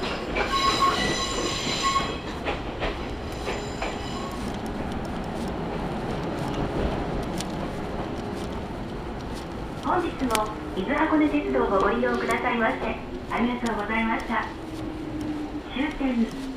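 A train ride on the Izu-Hakone and Tokaido lines, carried by a steady low rumble and rattle throughout. A bright, tinny squeal or chime rings out in the first two seconds, and from about ten seconds on, speech comes in spurts over the running noise.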